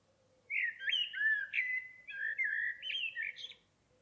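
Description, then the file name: Common blackbird song, a long, varied fluty warble of slurred whistles and high twittering notes lasting about three seconds. "Turdus merula"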